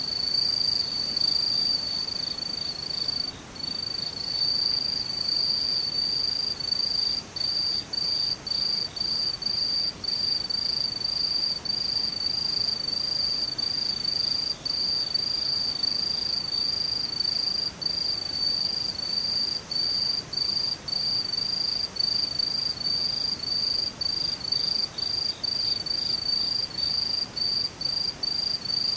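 Insects sing without pause, a thin, high, steady trill that pulses in a rapid even rhythm, with a faint upper shimmer above it. A soft hiss fills the low end throughout, and the chorus barely changes across the half minute.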